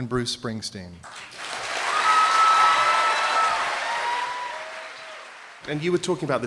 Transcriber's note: clapping